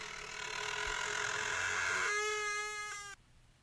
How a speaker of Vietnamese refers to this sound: Tôi định quay sang hỏi mẹ gì đó thì có tiếng kẹt cửa bên ngoài vọng tới.